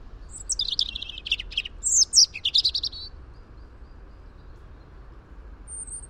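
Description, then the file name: European robin song: a hurried phrase of high twittering notes and short trills for about three seconds, followed by quiet hiss and a thin final note. "Erithacus rubecula"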